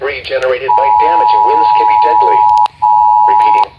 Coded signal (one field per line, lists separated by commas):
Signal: Emergency Alert System (SAME) tones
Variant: 853 and 960 Hz attention tone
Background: speech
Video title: Some EAS Alerts from 6/11/2026 (EAS #843-859)